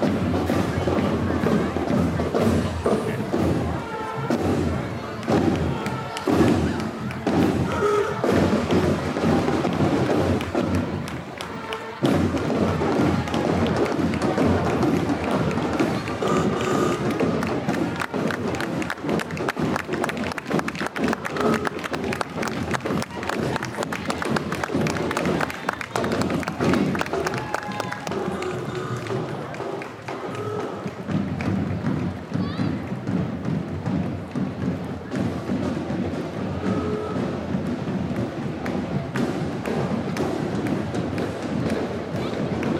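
Memorial Day parade on College Ave in Downtown Appleton: a steady, dense crowd murmur with voices, scattered thuds and occasional cheering throughout.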